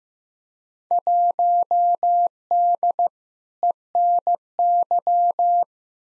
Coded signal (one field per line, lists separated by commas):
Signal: Morse code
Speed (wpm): 15 wpm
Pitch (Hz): 700 Hz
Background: none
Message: 1D ENY